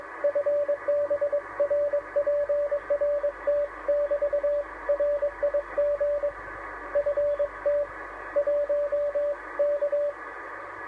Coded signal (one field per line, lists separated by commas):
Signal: Morse code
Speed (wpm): 21 wpm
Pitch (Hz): 580 Hz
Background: radio noise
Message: FB RPRT <BT> RIG FT 1 K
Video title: Morse Code On 10M What Does He Say?